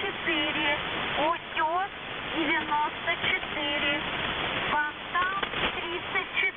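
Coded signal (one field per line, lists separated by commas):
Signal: coded military voice message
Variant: Squeaky Wheel, Russian voice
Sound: a male voice speaking short words over steady radio hiss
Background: radio static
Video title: The Squeaky Wheel | 20th August 2023 | "Dlya" Voice Message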